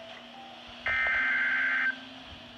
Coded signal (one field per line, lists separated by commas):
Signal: Emergency Alert System (SAME) tones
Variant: header bursts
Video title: RAH SVR - WXL58 - WNG706 - WXL50 (6/30/23 - EAS # 377-379)